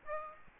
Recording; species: mosquito wingbeat signal from an infrared sensor; Aedes aegypti